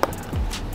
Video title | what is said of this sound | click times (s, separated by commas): THE EASIEST WAY TO INSTALL F80 M3 DRY CARBON FIBER MIRROR CAPS (F80, F82, and F87) | it's just going to pop and snap into place and it'll look just like that | 0.0 s